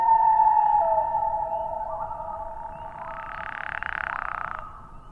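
Common loon wail trailing off in a long steady tone, followed by a rushing, breathy noise burst before fading.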